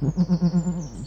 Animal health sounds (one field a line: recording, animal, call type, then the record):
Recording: contact call of a hoofed animal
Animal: goat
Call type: low-frequency (closed-mouth) or high-frequency (open-mouth) call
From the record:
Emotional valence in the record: negative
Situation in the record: short social isolation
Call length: 1.07 s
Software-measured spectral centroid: 1350 Hz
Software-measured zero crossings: 1030 a second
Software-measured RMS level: -23 dBFS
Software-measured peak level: -12 dBFS